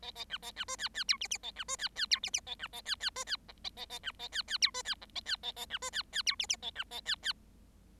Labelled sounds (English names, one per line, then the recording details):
Bengalese Finch song
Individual Bird7